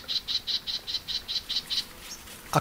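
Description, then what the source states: Cactus wren giving a gruff call, a harsh chattering series of about nine evenly spaced rasping notes, then a brief click at the end. Anza-Borrego Desert, southeast California, in light April rain; standing atop a barrel cactus, calling gruffly; recorded by Gordon Hempton.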